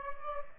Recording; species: mosquito wingbeat signal from an infrared sensor; Aedes aegypti